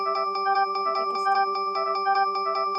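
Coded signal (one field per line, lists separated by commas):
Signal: none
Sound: marimba ringtone chime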